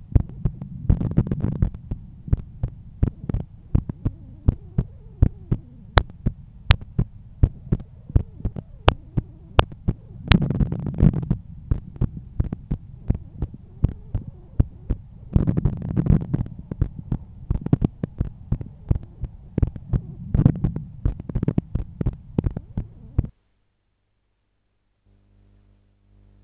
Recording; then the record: heart sounds by stethoscope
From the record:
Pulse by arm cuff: 82 bpm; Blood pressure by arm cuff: 129/85 mmHg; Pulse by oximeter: 85 bpm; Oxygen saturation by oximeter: 98%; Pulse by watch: 85 bpm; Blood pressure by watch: 126/80 mmHg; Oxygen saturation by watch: 96%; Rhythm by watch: sinus rhythm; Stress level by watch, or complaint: low stress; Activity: after 5 min smoking and 1 beer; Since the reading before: plus 4300 steps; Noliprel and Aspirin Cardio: after pills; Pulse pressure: 44 mmHg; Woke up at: 7:50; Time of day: 21:45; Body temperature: 36.5 C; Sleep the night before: 7 h 52 min, score 75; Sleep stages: REM 24%, light 55%, deep 12%, awake 9%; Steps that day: 9500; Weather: clear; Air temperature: 17.3 C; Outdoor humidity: 73%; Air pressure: 1013 hPa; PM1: 5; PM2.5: 9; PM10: 10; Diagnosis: hypertension, treated with Noliprel and Aspirin Cardio 100 mg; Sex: male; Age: 53 years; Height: 174 cm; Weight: 81 kg